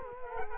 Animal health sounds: mosquito wingbeat signal from an infrared sensor; Culex quinquefasciatus

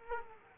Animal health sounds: mosquito wingbeat signal from an infrared sensor; Culex quinquefasciatus

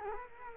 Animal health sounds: mosquito wingbeat signal from an infrared sensor; Culex quinquefasciatus

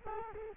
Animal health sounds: mosquito wingbeat signal from an infrared sensor; Culex quinquefasciatus

